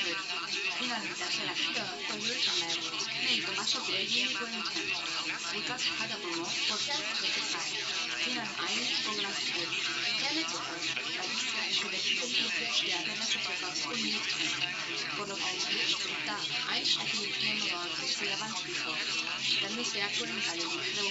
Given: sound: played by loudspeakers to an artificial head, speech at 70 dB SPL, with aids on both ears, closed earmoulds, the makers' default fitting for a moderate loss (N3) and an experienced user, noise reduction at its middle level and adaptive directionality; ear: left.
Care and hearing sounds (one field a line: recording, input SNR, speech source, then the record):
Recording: speech test signal (ISTS) in cocktail-party noise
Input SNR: 0 dB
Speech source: on the right (90 degrees)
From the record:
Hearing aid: class 1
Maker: A